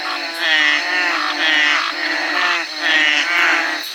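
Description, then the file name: Veined tree frog giving grating, pulsed croaks in long bursts that swell and fade, over a constant high-pitched background tone. "Trachycephalus typhonius"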